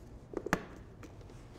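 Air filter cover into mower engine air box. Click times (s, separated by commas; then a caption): 0.5 s. A plastic air box cover is fitted back over the air filter on a mower engine. A few light handling knocks come at about 0.4 s and 0.5 s, then a loud, sharp snap at 0.5 s seats the cover in place, and the remaining sound is quiet background.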